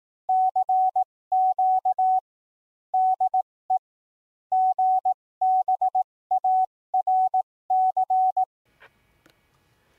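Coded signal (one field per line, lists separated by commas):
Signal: Morse code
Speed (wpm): 18 wpm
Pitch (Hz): 750 Hz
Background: none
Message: CQ DE GBARC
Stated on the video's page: Analog amateur repeater in Bridgeport, CT, on VHF 146.445 MHz and UHF 441.700 MHz, antennas about 300 ft ASL, accessed with a $25 radio.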